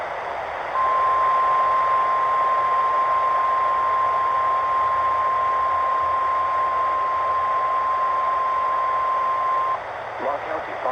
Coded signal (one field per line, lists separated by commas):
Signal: Emergency Alert System (SAME) tones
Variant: 1050 Hz attention tone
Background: speech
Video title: KWO37 Fire Warning on KFI! (EAS #47)